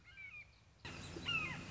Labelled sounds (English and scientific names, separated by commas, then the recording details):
Red-shouldered Hawk (Buteo lineatus)
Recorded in Sonoma County, California